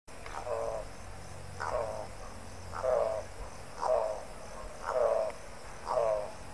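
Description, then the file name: Spot-billed Toucanet producing six hoarse, croaking notes at a regular pace of about one per second, each note rough and slightly buzzy. "canto da aracaripoca grande"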